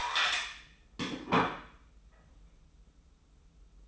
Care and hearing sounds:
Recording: daily activity, microphone in the room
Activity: place plate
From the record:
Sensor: 1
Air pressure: 994.4 hPa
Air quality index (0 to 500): 217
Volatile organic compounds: 1000 ppm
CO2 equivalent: 7749 ppm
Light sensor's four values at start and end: 60/131/59/63 and 60/131/59/63

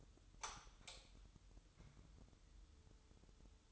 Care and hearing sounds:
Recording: daily activity, microphone in the room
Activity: light on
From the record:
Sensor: 3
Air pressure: 988.4 hPa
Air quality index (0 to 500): 191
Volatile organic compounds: 264 ppm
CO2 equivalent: 4396 ppm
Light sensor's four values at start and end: 8/19/8/8 and 10/28/11/11

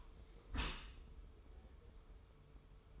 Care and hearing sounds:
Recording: daily activity, microphone in the room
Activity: close dishwasher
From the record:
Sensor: 1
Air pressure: 1015.0 hPa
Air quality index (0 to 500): 24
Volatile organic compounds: 0 ppm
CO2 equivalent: 499 ppm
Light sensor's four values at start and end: 13/30/12/13 and 13/30/12/13

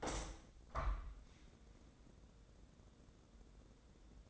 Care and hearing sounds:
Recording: daily activity, microphone in the room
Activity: open window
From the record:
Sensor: 3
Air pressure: 1012.3 hPa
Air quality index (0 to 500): 142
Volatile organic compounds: 2 ppm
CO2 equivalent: 1094 ppm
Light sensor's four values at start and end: 309/754/314/311 and 309/753/314/312

